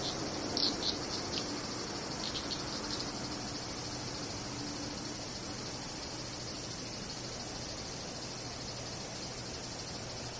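Cicadas buzz continuously through the whole ten seconds, a dense, unbroken high-pitched drone that holds steady in level. Beneath it runs a low, rough rumble, and a few brief bright chirps stand out near the start, around the first two seconds.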